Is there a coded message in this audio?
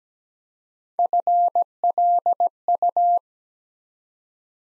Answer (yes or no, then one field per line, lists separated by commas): yes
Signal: Morse code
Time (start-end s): 1.0-3.2 s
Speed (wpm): 17 wpm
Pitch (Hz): 700 Hz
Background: none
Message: FLU